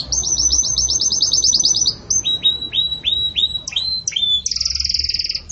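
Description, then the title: Belgian canary singing a rapid run of high repeated notes, then a slower series of descending slurred notes, ending in a dense ringing high trill. Pure Belgian canary song in the "campainha" style, with pauses between phrases, intended for training birds. "Canto Canário Belga Campainha Puro Com Pausa Para Treinamento"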